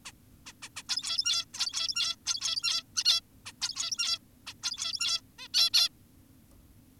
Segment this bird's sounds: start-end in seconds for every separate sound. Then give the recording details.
0.06-0.12, 0.46-0.53, 0.62-0.69, 0.76-0.83, 0.89-1.45, 1.54-2.16, 2.26-2.83, 2.96-3.04, 3.05-3.21, 3.46-3.52, 3.61-4.19, 4.47-4.54, 4.63-5.21, 5.39-5.48, 5.54-5.70, 5.74-5.89. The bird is an adult. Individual g17y2U